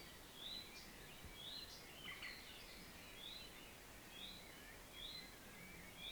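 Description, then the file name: Common chaffinch calling: short, bright, slightly rising notes repeated about once a second, with a brief lower twittering chirp midway and a steady hiss of background noise. "Fringilla coelebs"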